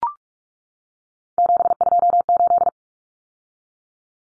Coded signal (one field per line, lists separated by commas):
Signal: Morse code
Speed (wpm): 44 wpm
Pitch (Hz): 700 Hz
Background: none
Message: 728